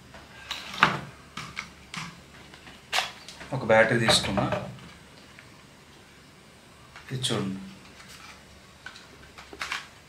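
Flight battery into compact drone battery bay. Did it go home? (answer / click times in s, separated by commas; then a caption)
yes / 9.6 s, 9.7 s. A flight battery is inserted into the rear battery bay of a DJI Mini 3 Pro compact drone and pressed down. Someone talks while handling sounds and light knocks are heard. The battery latches into place with clicks at 9.6 s and 9.7 s.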